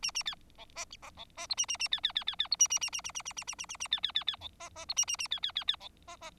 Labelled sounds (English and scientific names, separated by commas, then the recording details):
Bengalese Finch (Lonchura striata domestica) song
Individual Bird4